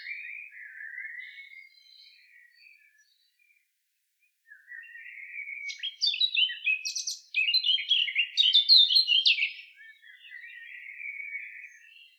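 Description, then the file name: Eurasian blackcap singing, a soft warbling start, a pause, then a loud burst of rich varied phrases from about six to ten seconds before fading to quieter warbling. "Sylvia atricapilla"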